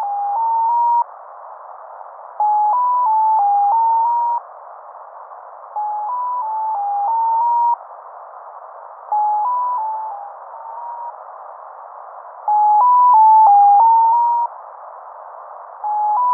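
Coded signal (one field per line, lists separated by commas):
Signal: numbers station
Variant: Mazielka (X06)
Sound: five repeats of a six-note stepped tone melody around 1 kHz, with pauses between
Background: radio hiss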